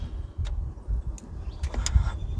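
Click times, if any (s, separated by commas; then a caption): none. An oil cooler hose's quick-connect end is handled at its fitting on a new radiator of an OBS shortbed Chevy truck. It goes in with more effort than the first hose, and a few short, sharp ticks and rattles are heard over a low rumble. Nothing has seated or clicked yet.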